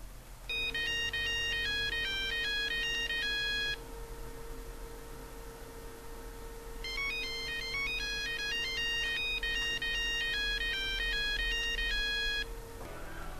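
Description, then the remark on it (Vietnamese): A mobile phone ringtone plays at night, a bright, high-pitched electronic melody of quick stepping notes in two bursts separated by a pause, over a low steady hum and faint hiss. “Tối hôm đó đang đêm, máy điện thoại di động của mình đổ chuông.”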